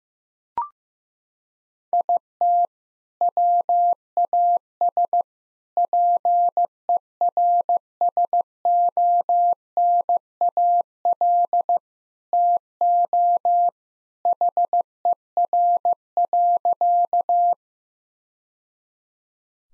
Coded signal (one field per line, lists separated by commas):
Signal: Morse code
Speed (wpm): 15 wpm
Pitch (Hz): 700 Hz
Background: none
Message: IT WAS PERSONAL TO HER.